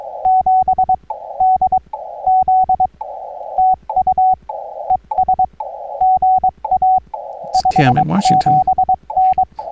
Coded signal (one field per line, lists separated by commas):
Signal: Morse code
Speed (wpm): 21 wpm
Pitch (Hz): 750 Hz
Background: speech, radio noise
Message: 7DZ TU ES GA 57N